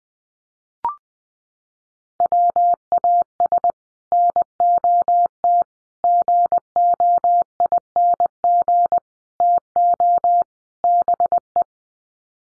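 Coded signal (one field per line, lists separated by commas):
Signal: Morse code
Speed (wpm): 20 wpm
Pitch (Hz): 700 Hz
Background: none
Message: WAS NOT GOING TO BE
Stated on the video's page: Head-copy practice of common five-word sets in Morse at 20 wpm, each sent in Morse, then spoken, then sent again.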